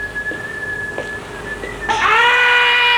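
Steam escaping from a ship's steam pipe up by the bulkhead: a thin, steady whistling tone gives way to a sudden loud, shrill rush of hissing steam with layered whistling tones that holds to the end.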